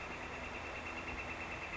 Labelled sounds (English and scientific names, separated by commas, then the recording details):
Northern Flicker (Colaptes auratus)
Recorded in Sonoma County, California